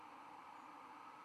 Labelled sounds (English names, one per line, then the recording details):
White-throated Sparrow flight call
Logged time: 01:26 on 11 November 2014